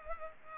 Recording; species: mosquito wingbeat signal from an infrared sensor; Culex pipiens